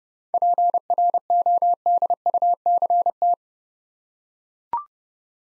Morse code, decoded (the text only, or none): PRODUCT